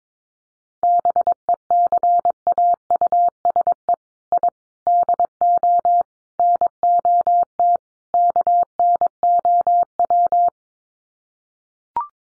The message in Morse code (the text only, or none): BECAUSE I DO NOT KNOW